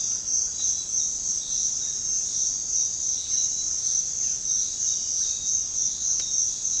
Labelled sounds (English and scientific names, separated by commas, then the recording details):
none
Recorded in secondary vegetation near Puerto Asís, Putumayo, Colombia, on 4 March 2025 at 06:00
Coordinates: 0.484, -76.319
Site G010